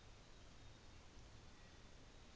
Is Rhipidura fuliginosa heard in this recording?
no